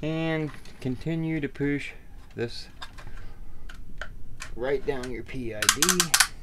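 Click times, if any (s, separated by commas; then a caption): none. Someone talks while pushing a panel mounting bracket down onto the back of a PID temperature controller inside a plastic ABS utility case, with a few brief sharp ticks around 3.7, 4.0 and 4.4 seconds. The clip ends before the bracket goes home, so nothing has seated or clicked into lock yet.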